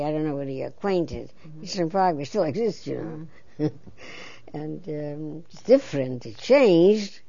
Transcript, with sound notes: I don't know whether you're acquainted. Eastern Parkway still exists, you know. ( she laughs ) And, it's different, it changed